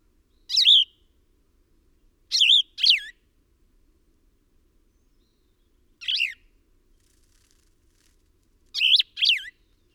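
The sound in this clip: Bird repeating short high warbled chirps, six in total, two of them in quick pairs, separated by pauses of up to about three seconds.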